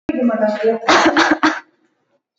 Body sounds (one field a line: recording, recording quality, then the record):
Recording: shallow voluntary cough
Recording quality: excellent, no background noise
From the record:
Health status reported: healthy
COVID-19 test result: negative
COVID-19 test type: RT-PCR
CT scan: not taken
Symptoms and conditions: cough, cold, loss of smell and taste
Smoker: yes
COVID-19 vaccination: both doses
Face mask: worn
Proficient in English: yes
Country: India